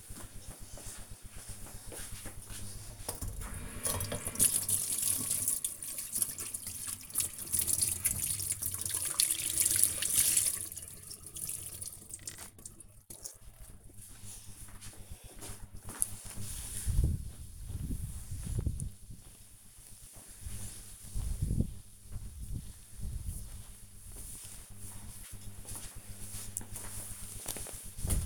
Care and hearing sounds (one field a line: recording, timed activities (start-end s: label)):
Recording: household activities, microphone on the right wrist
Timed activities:
3.15-28.26 s: cleaning table